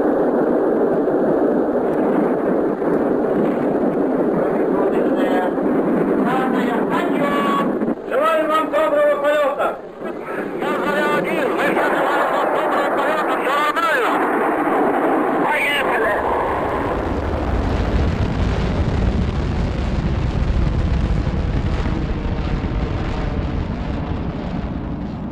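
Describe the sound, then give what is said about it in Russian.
The rocket carrying Yuri Gagarin roars at liftoff: a loud, continuous, rumbling wall of noise that holds steady for the whole stretch, then deepens into a heavier low rumble toward the end. “Какой грохот! Ракета вздрогнула, оторвалась от земли и медленно устремилась ввысь.”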